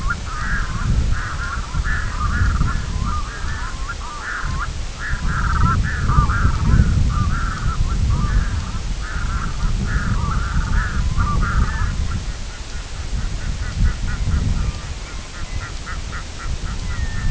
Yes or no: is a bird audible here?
yes